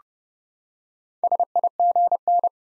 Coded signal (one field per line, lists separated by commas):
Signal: Morse code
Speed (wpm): 30 wpm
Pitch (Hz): 700 Hz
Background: none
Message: SIGN